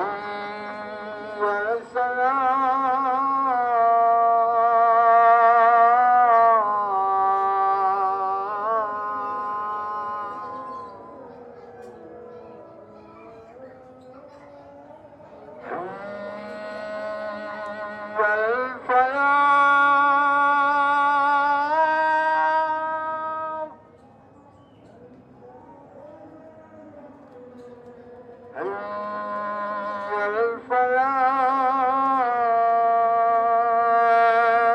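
A call to evening prayer rings out over the streets of Surabaya, a single voice holding long, wavering melodic phrases with pauses between them. The singing swells in three main stretches, near the start, around the middle and toward the end, over a low steady hum.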